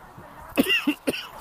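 Three short, harsh bursts in quick succession from an adult man: a cough followed by throat clearing, with a faint voiced sound between them, from something stuck in the throat. Heard outdoors on a walk to the park, with light background noise.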